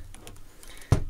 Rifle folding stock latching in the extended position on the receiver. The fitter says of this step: locks good and solid back